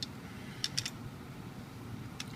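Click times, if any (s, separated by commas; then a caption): none. A latch bolt is being reassembled into a metal Baldwin mortise lock body during a handing change. Several small, sharp metallic clicks are heard at about 0.0, 0.6, 0.8, 0.9 and 2.2 seconds over a low background hum. The latch did not go in correctly, so nothing has seated yet.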